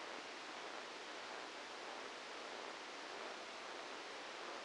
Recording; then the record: brain microelectrode recording played as sound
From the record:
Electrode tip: outside the subthalamic nucleus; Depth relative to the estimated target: 4 mm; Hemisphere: left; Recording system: NeuroSet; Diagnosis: Parkinson's disease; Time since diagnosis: 9 years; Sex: male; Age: 61 years